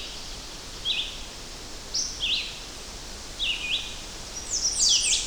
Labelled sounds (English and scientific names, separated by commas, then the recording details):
Red-eyed Vireo (Vireo olivaceus) song
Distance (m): 30 m
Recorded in boreal forest in Alberta, Canada, on 10 June 2016 at 06:52
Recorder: SongMeter 3, array SBT-3-39
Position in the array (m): 200 m, 125 m